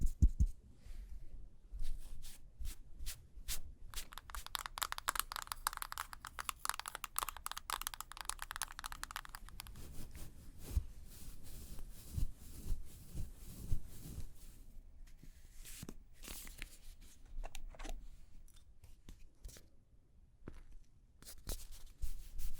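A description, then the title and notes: Makeup being applied, heard as soft brushing and rubbing strokes with frequent small clicks and taps scattered throughout. A denser stretch of quick, bright brushing runs from about four to nine seconds, then the sounds thin out into scattered taps and light rubbing. Doing Your Makeup ASMR No Talking.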